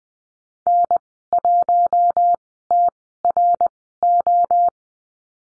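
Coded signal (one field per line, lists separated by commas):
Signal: Morse code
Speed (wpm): 20 wpm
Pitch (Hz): 700 Hz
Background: none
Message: N1TRO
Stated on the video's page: Morse code course lesson drill at Farnsworth spacing, 20 wpm characters at 10 wpm overall, practising numbers and call signs.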